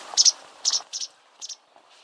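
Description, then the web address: White wagtail calls: four short, sharp high chips, most of them doubled, over a quiet background. "Deverinetal 2025 File origin Bird Only"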